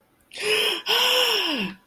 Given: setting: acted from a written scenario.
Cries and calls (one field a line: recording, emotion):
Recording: vocal sound without words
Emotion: elation